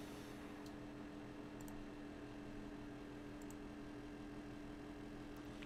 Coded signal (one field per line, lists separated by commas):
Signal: FT8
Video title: Unlocking FT8: Live Q&A for New HAMs! Get Started with Digital Modes